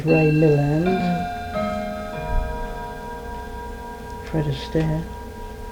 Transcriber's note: clock chimes